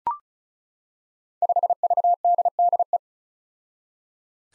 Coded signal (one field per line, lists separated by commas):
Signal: Morse code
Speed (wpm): 36 wpm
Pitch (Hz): 700 Hz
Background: none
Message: 5VDDE